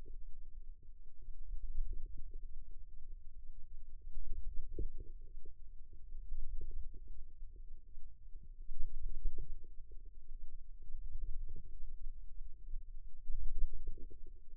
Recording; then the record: forearm muscle sounds (acoustic myography)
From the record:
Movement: wrist extension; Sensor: system 2, bracelet of six BSWA MPA416 microphones around the upper forearm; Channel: 5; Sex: female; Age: 22 years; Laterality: right